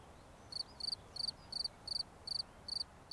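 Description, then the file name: Cricket chirps beginning after a short pause, then about eight sharp, pulsed high notes spaced evenly, with a soft hiss underneath. "Grillons"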